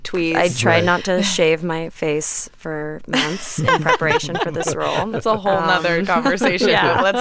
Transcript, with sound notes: I tried not to shave my face for months in preparation for this role.
(LAUGHTER)
That's a whole nother conversation,